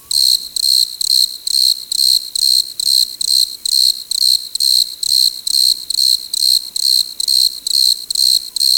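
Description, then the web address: Desert crickets chirping in a loud, high-pitched chorus, regular pulses about twice each second without pause. "Dr Sound Effects. Chorus of Desert Crickets"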